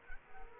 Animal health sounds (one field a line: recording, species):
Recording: mosquito wingbeat signal from an infrared sensor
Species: Culex quinquefasciatus